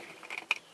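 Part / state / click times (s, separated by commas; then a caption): suction cup mount locking knob on windshield / seated / 0.5 s. The suction cup of an OldShark GS504 GPS Ultra HD car dash camera mount is pressed onto the windshield and held down while its locking knob is turned clockwise. A few faint ticks and creaks come at about 0.3 to 0.4 s, then a sharp, much louder click at 0.5 s as the knob locks the mount in place.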